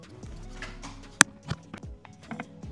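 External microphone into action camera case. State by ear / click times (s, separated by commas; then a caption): seated / 1.2 s. An action camera case is opened and a small external microphone is clicked into it, held in place by a magnet. A sharp click at 1.2 s stands out above a low background hum, followed by a few softer handling taps. The microphone is seated in the case.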